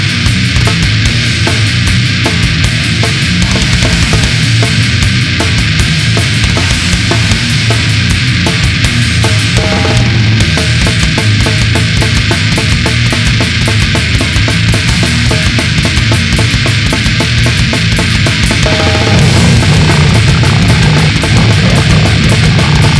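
Continuous harsh chest noise with dense scattered crackles throughout, heard over an adult chest, consistent with acute respiratory distress syndrome lung sounds.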